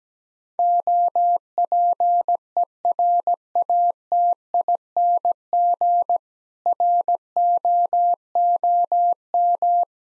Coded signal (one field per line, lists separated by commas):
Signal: Morse code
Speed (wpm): 17 wpm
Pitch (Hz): 700 Hz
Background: none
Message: OPERATING ROOM